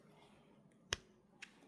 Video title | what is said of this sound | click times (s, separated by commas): Mlivrom Heated Electric Blanket Review #heatingblanket | It just snaps right in. | 0.9 s